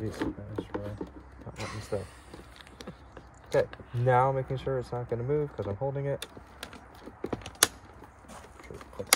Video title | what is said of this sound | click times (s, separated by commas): Discover the Secrets to Perfectly Sealed Fish | sure it clicks down. Click | 9.1 s